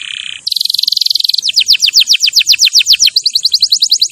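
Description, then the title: Canary song moves through changing tours: a low buzzy note, a rapid rolling trill, then repeated sweeping downslurred whistles, ending in a quicker series of high notes. Champion canary song used as a master recording for training other birds. "Masteran Kenari Juara"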